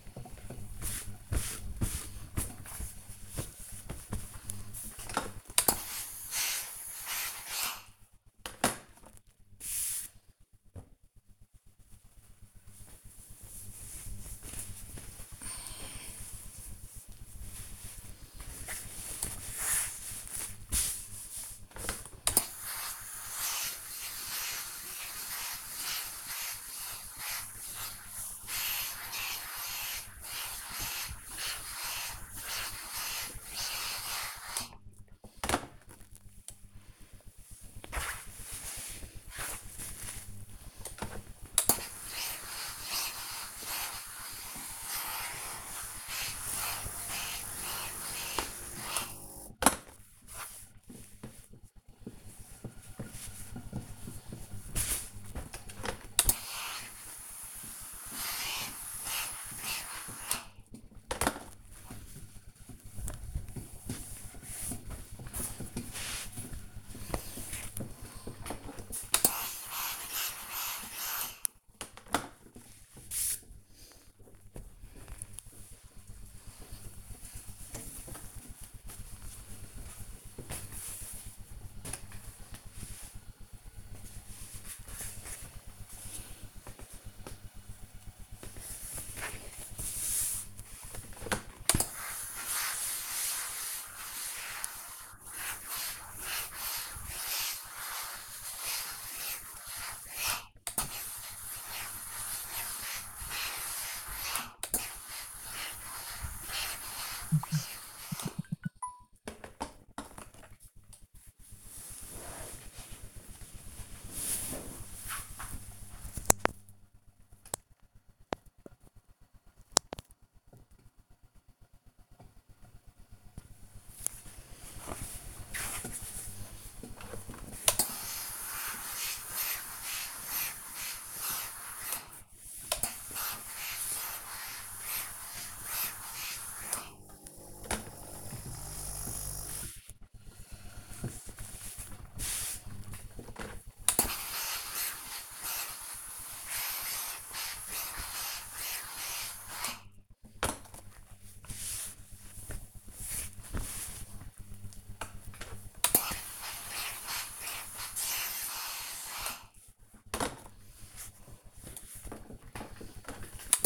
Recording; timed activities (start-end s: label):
household activities, microphone on the right wrist
0.00-10.66 s: ironing laundry
17.70-71.91 s: ironing laundry
90.01-163.66 s: ironing laundry